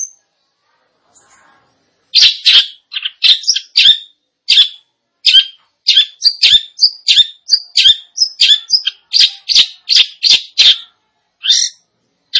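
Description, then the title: Long-tailed shrike song after a quiet start: a long run of harsh chattering notes mixed with brief whistled phrases, delivered quickly and continuously. Indonesian name cendet; described as gacor, actively and vigorously singing. "Cendet Gacor"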